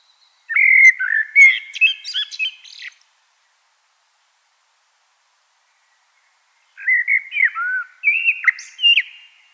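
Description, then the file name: Common blackbird giving two whistled song phrases, mellow slurred notes mixed with high scratchy twitters, divided by a silence of roughly four seconds. "Turdus merula"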